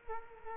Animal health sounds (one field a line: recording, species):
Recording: mosquito wingbeat signal from an infrared sensor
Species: Culex quinquefasciatus